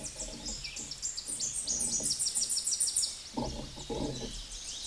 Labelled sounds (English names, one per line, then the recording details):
Tennessee Warbler song
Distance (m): 10 m
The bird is about 5 m above the microphone
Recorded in a Pennsylvania forest on 16 May 2024 at 09:08
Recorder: AudioMoth, point MSD-1405
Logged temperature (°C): 15.6 °C
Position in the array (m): 168 m, 184 m